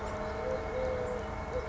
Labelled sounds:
Eurasian Collared Dove
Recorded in Sonoma County, California

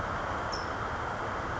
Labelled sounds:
California Towhee
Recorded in Sonoma County, California

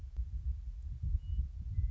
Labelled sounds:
Western Meadowlark
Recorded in Sonoma County, California

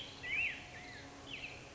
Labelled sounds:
Black-headed Grosbeak
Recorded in Sonoma County, California

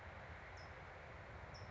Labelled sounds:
California Towhee
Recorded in Sonoma County, California

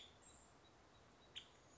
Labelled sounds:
Nuttall's Woodpecker
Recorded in Sonoma County, California

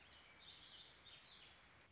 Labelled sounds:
Warbling Vireo
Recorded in Sonoma County, California

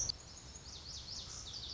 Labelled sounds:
Lazuli Bunting
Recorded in Sonoma County, California

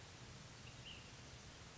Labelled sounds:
Ash-throated Flycatcher
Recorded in Sonoma County, California

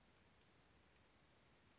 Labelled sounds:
Western Flycatcher
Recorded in Sonoma County, California

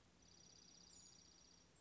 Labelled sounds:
Dark-eyed Junco
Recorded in Sonoma County, California

